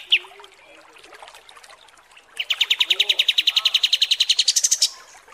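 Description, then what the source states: Kapas tembak song: a sharp note, then after a pause a fast trill that climbs in pitch toward its end. Masteran (tutor recording for training cage birds) of kapas tembak song, described as 'mewah' (luxurious).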